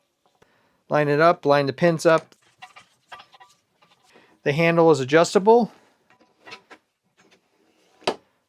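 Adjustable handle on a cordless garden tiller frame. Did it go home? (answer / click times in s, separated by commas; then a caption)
yes / 8.1 s. Someone talks while the adjustable handle on a cordless garden tiller frame is moved through its range and locked into position. A few faint knocks follow the speech, then a sharp click at 8.1 s as the handle locks in place.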